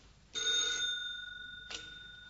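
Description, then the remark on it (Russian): A telephone bell rings with a sharp metallic burst that lingers as a bright, sustained tone, then a second shorter jangle follows about a second later. No one speaks. “Телефон выключил.”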